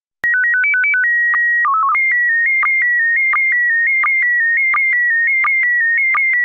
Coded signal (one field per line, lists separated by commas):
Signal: SSTV (slow-scan television)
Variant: PD 90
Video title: Daily Minutes, 6 April 2019. (Including today's Slow Scan Radio!!)